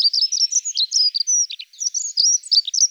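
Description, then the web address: Dunnock song, a rapid, high-pitched jangling warble of thin, squeaky notes running almost without pause for about three seconds; no other sounds. "Prunella modularis"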